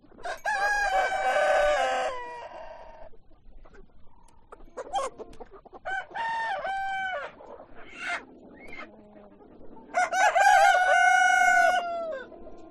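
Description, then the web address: Chicken crowing: several crows, a long one at the start, shorter ones midway and a loud final one, with clucking between. Hens and roosters at a poultry farm. "granja avicola sonidos de gallinas y gallos"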